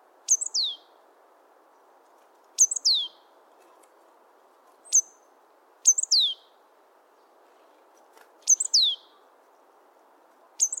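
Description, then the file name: Great tit calls, short sharp notes sliding steeply down from very high pitch, given in pairs or small bursts at irregular intervals over a steady low hum. "Parus major"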